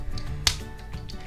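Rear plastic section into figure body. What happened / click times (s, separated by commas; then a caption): The plastic piece snapped firmly into place / 0.5 s. The rear plastic section of a Transformers 86 Hot Rod Deluxe Class figure is pressed into the figure body for a secure fit. It snaps home with a single sharp click at 0.5 s, with fainter ticks around 0.2 s and 1.1 s. The section is seated.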